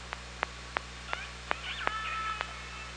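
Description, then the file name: Orca echolocation clicks repeated about every third of a second, joined by a faint wavering tonal call and a thin steady whistle in the second half. Recorded underwater on an OrcaLab hydrophone, 24 August 2017 at 18:42:13. "Orca Lab UTLN JASON 20170824 184213"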